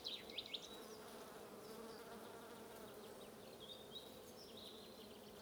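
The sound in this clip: Low, steady bee buzzing fills the recording, with a few sharp bird chirps at the start and faint calls later.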